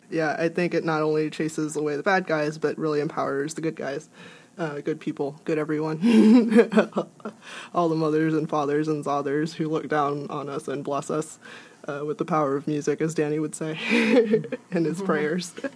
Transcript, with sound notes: I think it not only chases away bad guys but really empowers the good guys-- good people, good everyone -- [laughs] all the mothers and fathers who sathers look down on us and bless us with the power of music, as Danny would say--in his prayers.